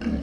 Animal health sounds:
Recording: pig call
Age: growing-finishing pig (85 days or more)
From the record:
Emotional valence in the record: negative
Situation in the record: barren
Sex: female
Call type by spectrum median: low-frequency call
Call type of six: low-frequency stable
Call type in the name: low-frequency stable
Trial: 3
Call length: 0.23 s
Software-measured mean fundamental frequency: 42 Hz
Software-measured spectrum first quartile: 162 Hz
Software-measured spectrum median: 246 Hz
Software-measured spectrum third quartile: 460 Hz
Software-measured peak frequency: 236 Hz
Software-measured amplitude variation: 144 dB a second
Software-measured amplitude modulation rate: 17.1 a second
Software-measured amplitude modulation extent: 8.4 dB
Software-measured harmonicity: 2.3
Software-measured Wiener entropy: -0.63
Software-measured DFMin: 839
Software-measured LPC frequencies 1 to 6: 1544, 2187, 2812, 4327, 5199, 6253 Hz

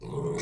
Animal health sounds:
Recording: pig call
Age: weaner (32 to 43 days)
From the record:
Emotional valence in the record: negative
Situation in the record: novel object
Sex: female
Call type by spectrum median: low-frequency call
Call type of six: mixed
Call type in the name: high-frequency modulated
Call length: 0.43 s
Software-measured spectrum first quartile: 293 Hz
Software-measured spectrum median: 487 Hz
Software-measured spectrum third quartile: 2317 Hz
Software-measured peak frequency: 153 Hz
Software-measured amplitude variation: 121 dB a second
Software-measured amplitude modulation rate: 23.4 a second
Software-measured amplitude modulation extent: 5.2 dB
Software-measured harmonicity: 2.5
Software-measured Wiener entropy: -3.46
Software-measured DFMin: 1153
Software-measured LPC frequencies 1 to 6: 403, 1016, 2184, 3715, 4487, 5473 Hz

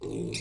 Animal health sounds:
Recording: pig call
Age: weaner (32 to 43 days)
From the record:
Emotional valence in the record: negative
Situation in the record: short isolation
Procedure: open field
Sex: female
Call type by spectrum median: low-frequency call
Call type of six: mixed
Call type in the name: high-frequency modulated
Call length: 0.41 s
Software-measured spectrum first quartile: 288 Hz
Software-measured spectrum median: 913 Hz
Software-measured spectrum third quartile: 4731 Hz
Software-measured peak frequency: 359 Hz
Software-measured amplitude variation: 110 dB a second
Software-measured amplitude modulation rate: 35.8 a second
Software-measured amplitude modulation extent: 3.1 dB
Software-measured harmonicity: 2.1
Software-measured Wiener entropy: -4.75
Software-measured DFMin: 1231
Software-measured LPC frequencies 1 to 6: 381, 2519, 3701, 4152, 4873, 5547 Hz

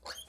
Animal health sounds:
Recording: pig call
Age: piglet (1 to 25 days)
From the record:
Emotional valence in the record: negative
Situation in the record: restrain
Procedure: back test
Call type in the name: high-frequency call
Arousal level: medium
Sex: male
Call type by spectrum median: high-frequency call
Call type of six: mixed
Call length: 0.29 s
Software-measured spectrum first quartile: 1641 Hz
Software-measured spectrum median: 3359 Hz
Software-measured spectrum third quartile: 5820 Hz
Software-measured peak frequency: 3157 Hz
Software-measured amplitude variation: 191 dB a second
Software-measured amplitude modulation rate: 17.0 a second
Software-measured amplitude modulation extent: 11.3 dB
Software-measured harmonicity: 6.7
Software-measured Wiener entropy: -2.43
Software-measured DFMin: 866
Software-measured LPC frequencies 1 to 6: 817, 1534, 3181, 4393, 6447, 7416 Hz

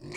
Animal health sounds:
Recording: pig call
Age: weaner (32 to 43 days)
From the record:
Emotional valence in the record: negative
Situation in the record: long isolation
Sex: female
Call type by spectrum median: low-frequency call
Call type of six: mixed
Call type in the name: high-frequency modulated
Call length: 0.17 s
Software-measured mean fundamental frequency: 477 Hz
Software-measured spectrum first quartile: 297 Hz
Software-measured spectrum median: 1088 Hz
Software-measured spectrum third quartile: 3074 Hz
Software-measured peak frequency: 359 Hz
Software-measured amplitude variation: 114 dB a second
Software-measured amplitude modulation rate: 29.1 a second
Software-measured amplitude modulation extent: 3.9 dB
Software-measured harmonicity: 4.6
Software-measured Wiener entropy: -3.20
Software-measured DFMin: 1321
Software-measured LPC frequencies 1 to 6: 300, 1115, 2240, 4270, 4782, 5518 Hz

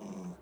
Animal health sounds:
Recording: pig call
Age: piglet (1 to 25 days)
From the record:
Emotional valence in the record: negative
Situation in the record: castration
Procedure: castration, shear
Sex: male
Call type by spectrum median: low-frequency call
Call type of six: low-frequency stable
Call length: 0.41 s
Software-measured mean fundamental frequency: 63 Hz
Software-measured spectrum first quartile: 190 Hz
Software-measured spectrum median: 308 Hz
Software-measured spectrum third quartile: 850 Hz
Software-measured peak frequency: 192 Hz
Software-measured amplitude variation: 132 dB a second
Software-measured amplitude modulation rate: 15.7 a second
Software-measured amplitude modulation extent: 8.4 dB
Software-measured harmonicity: 4.9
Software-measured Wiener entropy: -0.46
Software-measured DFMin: 1119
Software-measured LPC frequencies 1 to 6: 920, 2332, 3760, 5244, 6159, 7362 Hz

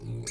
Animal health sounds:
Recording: pig call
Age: weaner (32 to 43 days)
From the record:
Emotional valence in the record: negative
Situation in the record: novel object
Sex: female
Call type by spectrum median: low-frequency call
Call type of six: mixed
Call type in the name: high-frequency modulated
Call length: 0.30 s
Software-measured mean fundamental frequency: 86 Hz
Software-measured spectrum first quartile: 147 Hz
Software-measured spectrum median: 1208 Hz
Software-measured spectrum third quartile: 6177 Hz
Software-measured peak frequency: 125 Hz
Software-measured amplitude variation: 102 dB a second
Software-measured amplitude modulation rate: 19.7 a second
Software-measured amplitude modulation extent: 5.2 dB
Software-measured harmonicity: 3.8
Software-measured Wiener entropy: -5.68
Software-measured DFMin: 661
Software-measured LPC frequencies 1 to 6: 1777, 2272, 3870, 4435, 6566, 7503 Hz

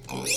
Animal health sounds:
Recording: pig call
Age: weaner (32 to 43 days)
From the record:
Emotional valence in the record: negative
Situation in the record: short isolation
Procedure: open field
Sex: female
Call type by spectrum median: high-frequency call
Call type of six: mixed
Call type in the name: high-frequency modulated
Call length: 0.37 s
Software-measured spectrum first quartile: 1522 Hz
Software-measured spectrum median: 4284 Hz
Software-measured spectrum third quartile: 7207 Hz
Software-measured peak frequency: 2441 Hz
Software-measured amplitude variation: 121 dB a second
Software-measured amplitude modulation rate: 24.2 a second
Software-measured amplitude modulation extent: 5.0 dB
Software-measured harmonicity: 2.3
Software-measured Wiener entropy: -2.65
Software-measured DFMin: 1000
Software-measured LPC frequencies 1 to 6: 684, 2509, 3597, 4351, 5315, 6047 Hz

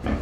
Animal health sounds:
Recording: pig call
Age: growing-finishing pig (85 days or more)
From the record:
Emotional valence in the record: negative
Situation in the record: barren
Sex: female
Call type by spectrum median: low-frequency call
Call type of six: low-frequency stable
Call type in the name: low-frequency stable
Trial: 3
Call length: 0.21 s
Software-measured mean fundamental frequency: 40 Hz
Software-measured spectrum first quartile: 123 Hz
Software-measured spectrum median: 275 Hz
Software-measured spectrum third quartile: 733 Hz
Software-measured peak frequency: 69 Hz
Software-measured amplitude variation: 156 dB a second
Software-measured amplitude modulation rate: 11.6 a second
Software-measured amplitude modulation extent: 13.4 dB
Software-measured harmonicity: -1.1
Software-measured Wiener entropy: -0.83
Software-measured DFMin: 651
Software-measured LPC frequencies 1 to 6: 1673, 2282, 3122, 4398, 5366, 6129 Hz

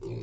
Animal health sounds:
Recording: pig call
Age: weaner (32 to 43 days)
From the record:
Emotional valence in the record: negative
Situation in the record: short isolation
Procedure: open field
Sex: female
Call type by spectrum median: low-frequency call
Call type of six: low-frequency stable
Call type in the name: low-frequency stable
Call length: 0.23 s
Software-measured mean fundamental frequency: 60 Hz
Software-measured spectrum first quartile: 116 Hz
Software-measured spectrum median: 271 Hz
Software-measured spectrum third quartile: 448 Hz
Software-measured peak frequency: 371 Hz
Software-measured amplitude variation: 96 dB a second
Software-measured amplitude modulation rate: 15.4 a second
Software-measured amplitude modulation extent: 6.2 dB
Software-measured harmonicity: 0.9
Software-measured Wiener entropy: -0.09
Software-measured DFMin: 1332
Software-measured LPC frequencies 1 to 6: 363, 2408, 3822, 4339, 5023, 5844 Hz

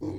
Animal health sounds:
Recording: pig call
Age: weaner (32 to 43 days)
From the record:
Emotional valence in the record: positive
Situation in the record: positive conditioning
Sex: female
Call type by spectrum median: low-frequency call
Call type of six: low-frequency stable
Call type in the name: low-frequency stable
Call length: 0.19 s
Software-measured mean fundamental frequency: 47 Hz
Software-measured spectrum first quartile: 183 Hz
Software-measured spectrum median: 300 Hz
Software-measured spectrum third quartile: 386 Hz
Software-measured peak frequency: 315 Hz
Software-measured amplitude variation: 108 dB a second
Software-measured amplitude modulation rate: 23.9 a second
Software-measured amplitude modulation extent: 4.5 dB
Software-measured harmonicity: 2.4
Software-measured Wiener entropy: -0.27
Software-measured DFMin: 983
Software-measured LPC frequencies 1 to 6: 338, 876, 2160, 3386, 4210, 5408 Hz

